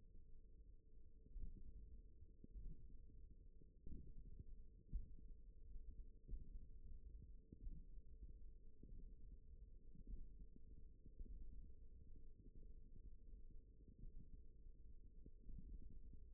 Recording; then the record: forearm muscle sounds (acoustic myography)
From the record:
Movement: finger pinch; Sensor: system 1, eight BSWA MPA416 microphones around the upper forearm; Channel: 4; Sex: female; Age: 20 years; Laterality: right